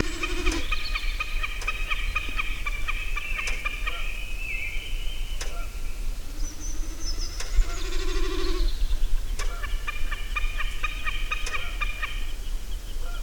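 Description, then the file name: Common snipe uttering bursts of fast repeated ticking calls, pausing midway while a couple of short low hoots and a high thin note sound, then resuming. Several calls. "enkelbeckasin flera laten"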